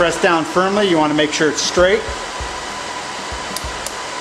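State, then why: Seated. Someone talks while a RAM memory module is pressed firmly and straight down into the DIMM memory slot on a Lenovo TS440 ThinkServer server motherboard, over a steady background hum. The two plastic ear tabs at either end snap closed with two sharp clicks at 3.6 s and 3.9 s, and the module is seated.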